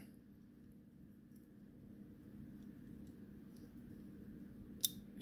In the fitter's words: down until it clicks and then we want to